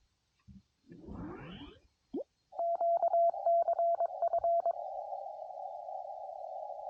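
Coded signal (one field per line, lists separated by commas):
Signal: Morse code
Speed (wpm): 22 wpm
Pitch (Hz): 680 Hz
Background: radio noise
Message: QCF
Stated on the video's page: CW during a homebrew POTA activation, QRP Labs QMX radio, iambic paddle, QRP Guys antenna.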